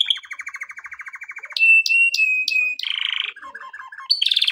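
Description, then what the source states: Canary song: a steady rolling trill, a sustained whistle with sharp accents, a buzzy burst and a few chirps, ending on a high trill. Canary song meant for training canaries.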